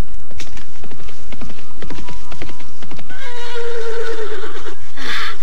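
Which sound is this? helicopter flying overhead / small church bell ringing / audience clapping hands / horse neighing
horse neighing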